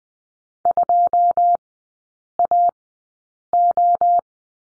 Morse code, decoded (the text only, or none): 2AO